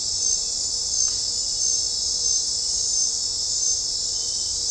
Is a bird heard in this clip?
no